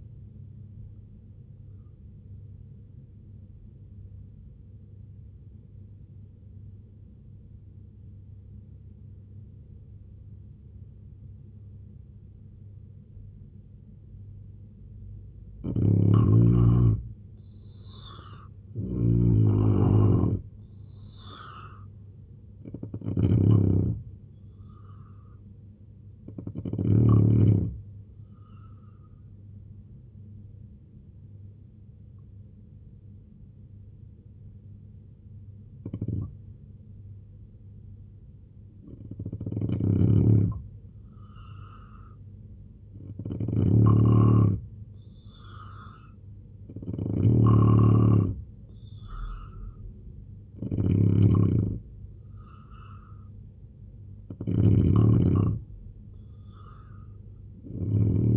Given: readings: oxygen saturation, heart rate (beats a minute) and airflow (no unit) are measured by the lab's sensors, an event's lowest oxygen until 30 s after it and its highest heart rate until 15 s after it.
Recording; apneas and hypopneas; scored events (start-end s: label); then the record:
breathing in sleep by a smartphone at the bedside; 2
3.00-16.10 s: obstructive apnea (N2, oxygen 92% highest, then 84% lowest, heart rate 70 at the start, 83 highest)
31.00-46.60 s: hypopnea (N2, oxygen 91% highest, then 86% lowest, heart rate 74 at the start, 78 highest)
From the record:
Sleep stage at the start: N2 (light sleep); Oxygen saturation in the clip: 84 to 92%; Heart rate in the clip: 67 to 83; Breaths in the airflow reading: 9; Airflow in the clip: -4.2 to 6.8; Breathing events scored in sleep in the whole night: 258 in 7.4 hours asleep